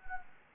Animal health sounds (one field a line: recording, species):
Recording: mosquito wingbeat signal from an infrared sensor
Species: Anopheles gambiae